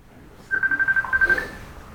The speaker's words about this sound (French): C'est quoi qui sonne ? Le frère, il prend son téléphone, il l'éteint. C'est qui a mis son téléphone là-haut ?